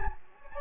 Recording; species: mosquito wingbeat signal from an infrared sensor; Anopheles gambiae